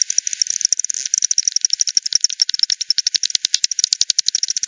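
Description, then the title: Bats clicking in fast, regular pulse trains, several streams interleaving so the ticking sounds almost continuous throughout. Multiple bats at Hogsmill River, Hogsmill Lane, 7 October 2020, 18:10; bat-detector recording frequency-divided by 10, band-pass filtered and resampled. "WW bat 20201007 T 18 : 10 Z-Hogsmill-Lane-Hogsmill-River-multiple-bats"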